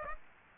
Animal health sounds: mosquito wingbeat signal from an infrared sensor; Aedes aegypti

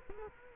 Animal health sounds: mosquito wingbeat signal from an infrared sensor; Culex quinquefasciatus

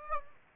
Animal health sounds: mosquito wingbeat signal from an infrared sensor; Aedes aegypti

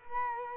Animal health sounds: mosquito wingbeat signal from an infrared sensor; Culex quinquefasciatus

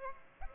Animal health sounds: mosquito wingbeat signal from an infrared sensor; Aedes aegypti

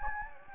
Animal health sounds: mosquito wingbeat signal from an infrared sensor; Anopheles gambiae

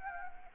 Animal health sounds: mosquito wingbeat signal from an infrared sensor; Anopheles arabiensis

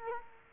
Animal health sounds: mosquito wingbeat signal from an infrared sensor; Culex quinquefasciatus

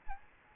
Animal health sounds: mosquito wingbeat signal from an infrared sensor; Aedes albopictus

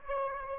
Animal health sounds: mosquito wingbeat signal from an infrared sensor; Aedes aegypti

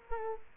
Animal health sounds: mosquito wingbeat signal from an infrared sensor; Culex quinquefasciatus

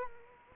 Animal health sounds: mosquito wingbeat signal from an infrared sensor; Culex quinquefasciatus

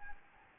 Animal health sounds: mosquito wingbeat signal from an infrared sensor; Anopheles gambiae

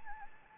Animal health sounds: mosquito wingbeat signal from an infrared sensor; Anopheles gambiae

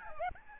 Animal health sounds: mosquito wingbeat signal from an infrared sensor; Aedes albopictus

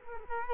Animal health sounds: mosquito wingbeat signal from an infrared sensor; Culex quinquefasciatus

